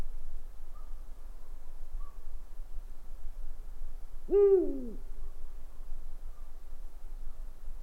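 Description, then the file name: Owl producing a single brief hoot midway, rich in overtones and dipping at its end, over soft background rumble. "gufo"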